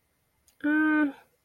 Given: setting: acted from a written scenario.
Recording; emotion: vocal sound without words; pain